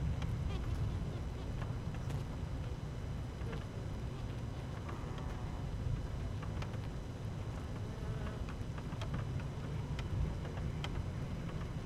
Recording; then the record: honeybee colony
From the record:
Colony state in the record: active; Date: 12 June 2018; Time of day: 12:48